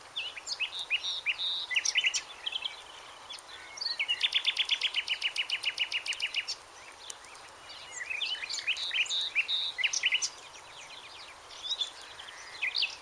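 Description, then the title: Birds singing high chirps and twitters, with a fast, even trill of repeated notes lasting about two seconds in the middle, over constant background hiss. "LuckyPassaro Completos2Sama"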